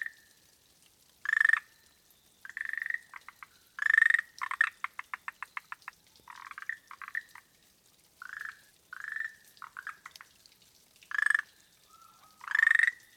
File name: Rhacophorusviridisamamiensis Is Calling